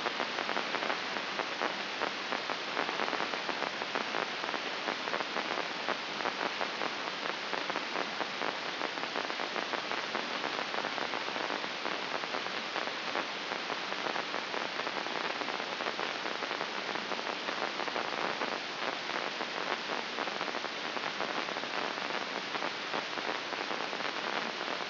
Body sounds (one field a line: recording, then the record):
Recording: brain microelectrode recording played as sound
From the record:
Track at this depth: outside the subthalamic nucleus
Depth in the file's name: 6.015 mm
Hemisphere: left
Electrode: 2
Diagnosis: Parkinson's disease